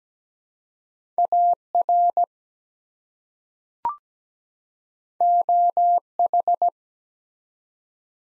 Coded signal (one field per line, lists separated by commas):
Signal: Morse code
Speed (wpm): 17 wpm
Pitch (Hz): 700 Hz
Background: none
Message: AR OH